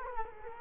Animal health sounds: mosquito wingbeat signal from an infrared sensor; Culex quinquefasciatus

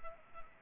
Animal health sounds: mosquito wingbeat signal from an infrared sensor; Culex pipiens

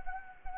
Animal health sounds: mosquito wingbeat signal from an infrared sensor; Anopheles gambiae

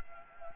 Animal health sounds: mosquito wingbeat signal from an infrared sensor; Anopheles gambiae

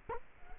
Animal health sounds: mosquito wingbeat signal from an infrared sensor; Culex quinquefasciatus

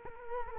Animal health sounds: mosquito wingbeat signal from an infrared sensor; Culex quinquefasciatus

